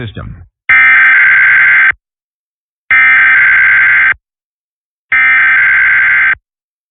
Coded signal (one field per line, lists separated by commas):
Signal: Emergency Alert System (SAME) tones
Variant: header bursts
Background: speech